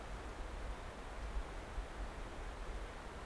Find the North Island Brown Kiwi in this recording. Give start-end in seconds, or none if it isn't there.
none